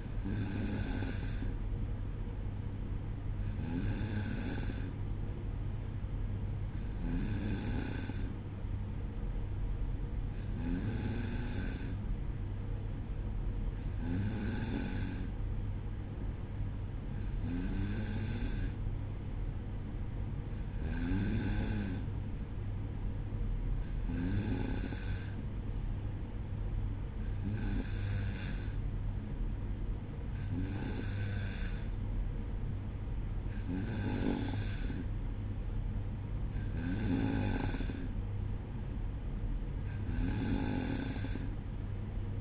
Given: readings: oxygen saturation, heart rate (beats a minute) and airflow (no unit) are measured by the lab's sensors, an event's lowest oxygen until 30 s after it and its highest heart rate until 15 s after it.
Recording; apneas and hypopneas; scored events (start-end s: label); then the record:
breathing in sleep by a smartphone at the bedside; none
none scored
From the record:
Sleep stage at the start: N2 (light sleep); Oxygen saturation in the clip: 93 to 94%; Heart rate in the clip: 59 to 62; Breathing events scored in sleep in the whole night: 305 in 9.6 hours asleep